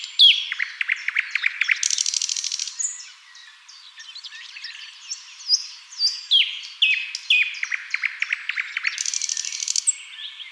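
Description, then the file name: Common nightingale song, a rich varied run of rapid repeated notes, whistles and churring phrases with loud trills near the start and end. "Luscinia megarhynchos"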